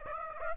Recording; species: mosquito wingbeat signal from an infrared sensor; Aedes aegypti